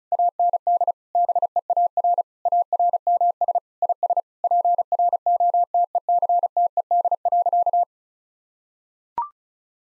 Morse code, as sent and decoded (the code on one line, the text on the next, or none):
.- -. -.. / -... . .- .-. / .- .-. -- ... / .. ... / .--. .-. --- - . -.-. - . -.. .-.-.-
AND BEAR ARMS IS PROTECTED.